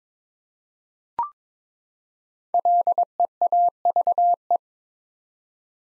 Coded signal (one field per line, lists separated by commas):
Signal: Morse code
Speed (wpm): 22 wpm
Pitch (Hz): 700 Hz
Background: none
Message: LEAVE